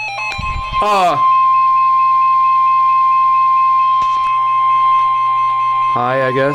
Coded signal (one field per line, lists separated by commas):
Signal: Emergency Alert System (SAME) tones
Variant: 1050 Hz attention tone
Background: speech, music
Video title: EAS 340- what is this like SVR number 30 or something